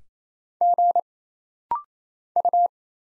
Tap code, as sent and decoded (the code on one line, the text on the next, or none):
none